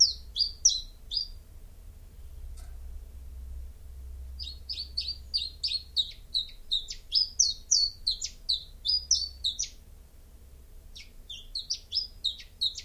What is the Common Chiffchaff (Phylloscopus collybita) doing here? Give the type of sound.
song